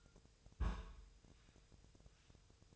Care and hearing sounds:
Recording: daily activity, microphone in the room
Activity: place on stove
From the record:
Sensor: 2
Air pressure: 999.2 hPa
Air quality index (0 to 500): 196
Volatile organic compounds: 27 ppm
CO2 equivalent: 2889 ppm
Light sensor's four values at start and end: 6/15/6/6 and 6/15/6/6

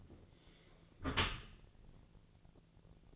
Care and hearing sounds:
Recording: daily activity, microphone in the room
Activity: close dishwasher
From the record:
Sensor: 4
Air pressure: 1001.3 hPa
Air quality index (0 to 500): 181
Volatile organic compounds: 2 ppm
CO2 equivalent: 1295 ppm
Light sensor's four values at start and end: 12/27/11/11 and 12/27/11/11

